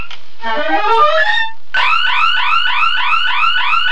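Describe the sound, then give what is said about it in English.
A loud electronic burglar alarm blares, first with a quick run of rising tones, then settling into a steady, rapidly repeating whooping wail. No one speaks over it. “It's the burglar alarm.”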